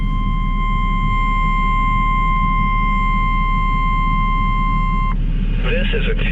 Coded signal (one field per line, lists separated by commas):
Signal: Emergency Alert System (SAME) tones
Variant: 1050 Hz attention tone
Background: speech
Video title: Required Weekly Test EAS#72 NOAA Weather Radio Station KEC78